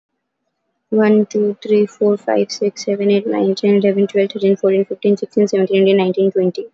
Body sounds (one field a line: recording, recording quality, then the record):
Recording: counting at a normal pace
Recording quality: excellent, no background noise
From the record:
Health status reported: healthy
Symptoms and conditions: none ticked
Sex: female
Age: 20 years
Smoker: not ticked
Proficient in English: yes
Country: India